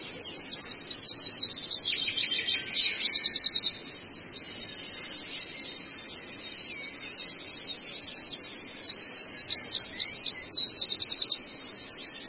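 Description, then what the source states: Long-tailed shrike song in two bursts of fast, high, rattling chatter and squeaky notes, separated by a quieter stretch with softer calls. Masteran training song for caged birds.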